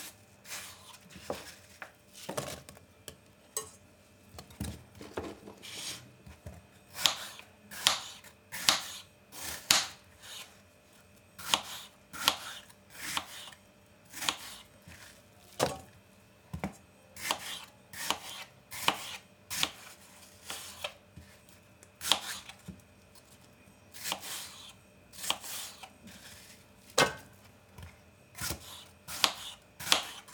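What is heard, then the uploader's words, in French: Apples are cut up for a compote, the knife striking the board in sharp, dry chops throughout. The blows come irregularly, about one or two per second, sometimes in quick pairs, with short quiet gaps between. A faint, steady low hum sits underneath. Une recette sonore d'une compote de pommes.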